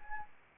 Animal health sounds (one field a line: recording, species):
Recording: mosquito wingbeat signal from an infrared sensor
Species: Anopheles arabiensis